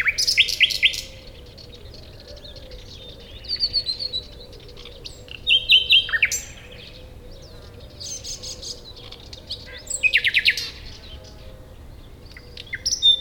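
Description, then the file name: Common nightingale singing in separate phrases every few seconds: fast percussive trills, pure whistles and rattling bursts, broken by pauses, with low background rumble. "Luscinia megarhynchos"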